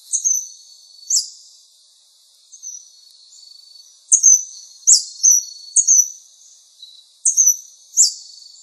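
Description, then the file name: Scaled Hermit calling with very high, thin squeaky notes, delivered in short clusters of two or three with brief pauses between groups. Recorded in Misiones, along the road to the sanctuary. "Ermitano escamado Misiones Camino del santuario"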